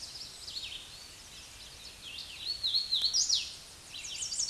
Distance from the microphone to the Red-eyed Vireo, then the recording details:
about 25 m. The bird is about 10 m above the microphone. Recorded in a Pennsylvania forest on 16 May 2024 at 08:35. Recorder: AudioMoth, point MSD-2208. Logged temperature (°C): 15.2 °C. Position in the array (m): 157 m, 67 m